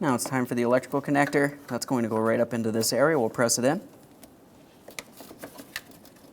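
Someone talks for the first few seconds, then a plastic electrical connector with a red locking tab is handled and pressed up toward its mating socket behind the front bumper of a 2011–2021 Jeep Grand Cherokee during replacement of the front bumper impact absorber. Quiet handling follows, with short sharp ticks at about 4.2, 5.0, 5.8 and 6.1 seconds. The connector has not seated or clicked into place yet.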